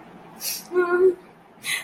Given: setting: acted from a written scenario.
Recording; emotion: vocal sound without words; sadness